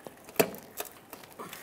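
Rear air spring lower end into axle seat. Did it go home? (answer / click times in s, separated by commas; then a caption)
yes / 0.4 s. The partly inflated rubber rear air spring of a 2003-2011 Mercury Grand Marquis is pulled down against its seat on the rear differential/axle. Its lower end clicks into the axle mount with a sharp click at 0.4 s, followed by fainter ticks. The air spring is seated.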